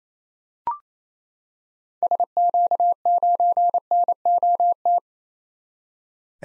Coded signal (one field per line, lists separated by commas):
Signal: Morse code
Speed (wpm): 28 wpm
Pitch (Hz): 700 Hz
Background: none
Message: SQ9NOT